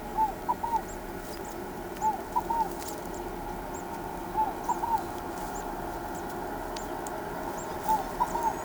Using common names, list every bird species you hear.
Tropical Kingbird